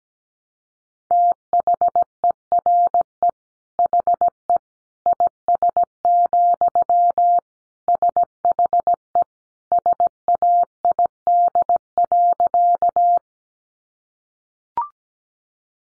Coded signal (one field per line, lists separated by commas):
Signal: Morse code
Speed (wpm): 17 wpm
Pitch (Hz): 700 Hz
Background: none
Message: THERE HE IS, SHE SAID.